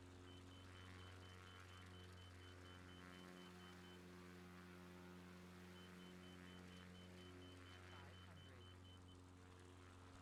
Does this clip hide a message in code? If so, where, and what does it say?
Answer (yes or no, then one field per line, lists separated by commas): no